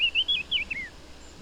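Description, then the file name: Eurasian blackcap giving a short fragment of clear, fluty whistles that wobble up and down before sliding lower. "Sylvia atricapilla"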